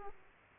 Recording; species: mosquito wingbeat signal from an infrared sensor; Aedes aegypti